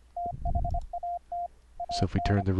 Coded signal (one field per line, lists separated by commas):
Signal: Morse code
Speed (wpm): 25 wpm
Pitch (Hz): 700 Hz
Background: speech, radio noise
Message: THAT AN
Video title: Morse Code QSO over the internet - software setup - config 14 - 3 reapers 3 virtual cables